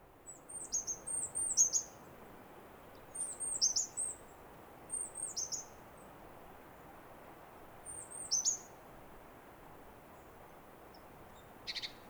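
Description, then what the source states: Great tit phrases: a few short clusters of high, sweeping, sharply modulated notes separated by pauses, with a brief click near the end. One great tit switching between different phrases and calls over about a 10-minute period, condensed to a minute or two.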